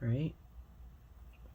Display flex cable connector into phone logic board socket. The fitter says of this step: it seems like it latched but it didn't i didn't feel click so i'm gonna open it